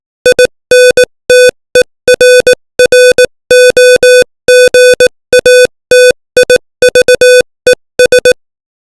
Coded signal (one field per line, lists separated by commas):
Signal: Morse code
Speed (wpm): 18 wpm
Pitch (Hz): 500 Hz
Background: music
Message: INTERROGATIVES